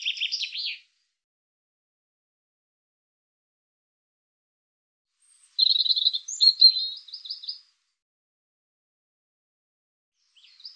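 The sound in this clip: European robin singing high, thin warbled phrases, one brief at the start and a longer tumbling phrase after a long silence, with a faint fragment at the end.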